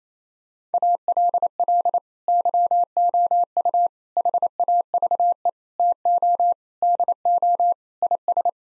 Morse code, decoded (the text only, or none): ALL YOU HAVE TO DO IS